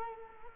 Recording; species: mosquito wingbeat signal from an infrared sensor; Culex quinquefasciatus